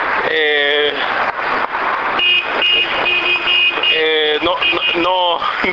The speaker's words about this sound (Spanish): el camión como si fuera una gran olla, una gran cacerola, caceroleando con el camión. camión de la basura